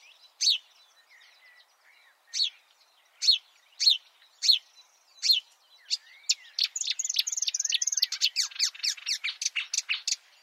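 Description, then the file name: Marsh warbler singing spaced sharp slurred notes, then a rapid run of high ticking notes and varied twitters that speeds into a chattering stream. "suara-kicauan-burung-marsh-warbler -omkicau"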